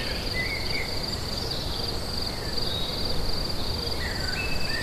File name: Grillons et oiseaux Lacoux 22 05 16